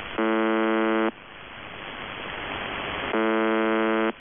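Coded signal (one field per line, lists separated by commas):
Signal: numbers station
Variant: UVB-76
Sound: two harsh, low, roughly one-second buzzes with about two seconds of hiss between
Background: radio static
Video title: [UVB-76, The Buzzer] Voice Message; 16. April 2021, 08:07 UTC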